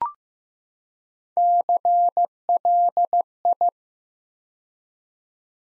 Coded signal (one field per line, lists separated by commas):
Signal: Morse code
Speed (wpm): 15 wpm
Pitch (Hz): 700 Hz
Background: none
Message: CLI